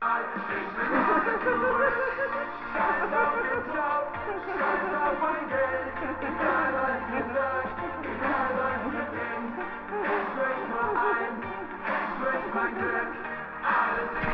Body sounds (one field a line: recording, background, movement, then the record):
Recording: laughter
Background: music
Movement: sitting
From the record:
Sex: female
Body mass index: 36.4 kg/m2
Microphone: on the chest, facing the body